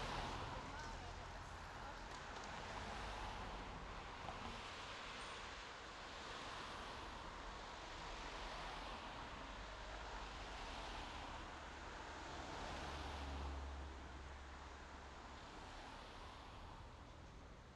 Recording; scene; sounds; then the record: everyday scene through a hearing-aid microphone; in traffic; traffic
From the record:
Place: main road on the outskirts, rush hour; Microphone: in the ear canal, left